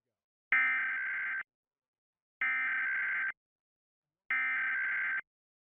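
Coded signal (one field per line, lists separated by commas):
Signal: Emergency Alert System (SAME) tones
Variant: header bursts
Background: speech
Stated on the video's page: National Periodic Test EAS tones recorded from a Bay Area NBC TV station.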